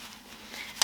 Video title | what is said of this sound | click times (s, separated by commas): HOW TO FOLD CLOTH NAPPIES - POCKET NAPPIES, AIO, AI2, NIGHT TIME DIAPERS & MORE | satisfying click and it's the same on the other side as well | 0.8 s